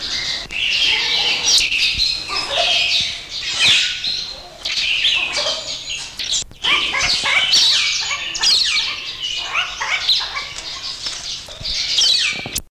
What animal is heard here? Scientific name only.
Crinifer piscator